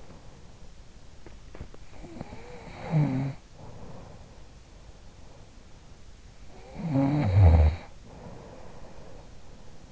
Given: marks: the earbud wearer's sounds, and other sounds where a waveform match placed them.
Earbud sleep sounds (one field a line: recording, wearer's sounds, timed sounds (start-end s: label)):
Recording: sounds in sleep by an in-ear microphone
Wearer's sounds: body movement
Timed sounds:
0.00-0.69 s: body movement
1.17-1.89 s: body movement
2.09-5.51 s: sound from someone else or the room
6.43-9.37 s: sound from someone else or the room